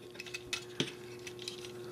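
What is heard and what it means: A plastic leg section of a Transformers Generations Titans Return Deluxe Class Scourge action figure (from the Fracas & Scourge set) is handled and pushed up during the transformation to vehicle mode. Small plastic taps and clacks come through, with the sharpest knocks at about 0.5 s and 0.8 s. Nothing has seated or clicked into place yet.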